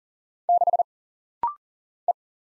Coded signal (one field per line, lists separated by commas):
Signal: Morse code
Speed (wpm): 39 wpm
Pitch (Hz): 700 Hz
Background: none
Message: 6 E